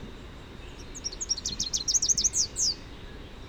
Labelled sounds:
Rufous-capped Warbler song
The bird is a male
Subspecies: rufifrons
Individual UJ-R06-M

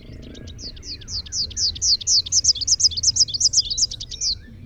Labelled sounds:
Rufous-capped Warbler song
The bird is a male
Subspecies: rufifrons
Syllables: 30
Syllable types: 7
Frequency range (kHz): 2.5-6.8 kHz
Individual MO-SOG-M

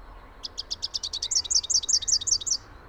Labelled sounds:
Rufous-capped Warbler song
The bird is a male
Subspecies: rufifrons
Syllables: 28
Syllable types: 5
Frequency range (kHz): 3.2-7.6 kHz
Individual YA-R15-M

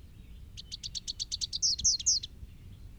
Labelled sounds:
Rufous-capped Warbler song
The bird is a male
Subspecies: rufifrons
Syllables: 15
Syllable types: 3
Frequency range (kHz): 2.9-6.8 kHz
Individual SP-R09-M

